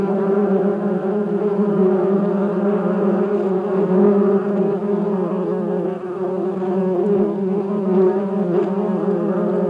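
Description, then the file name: Bees buzzing in a steady, loud, low droning hum with rich overtones that continues without a break. "bienen summen"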